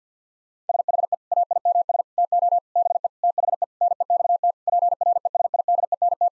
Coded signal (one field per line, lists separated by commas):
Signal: Morse code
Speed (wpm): 50 wpm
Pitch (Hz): 700 Hz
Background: none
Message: SHE AIMS TO BE THE NEXT PRESIDENT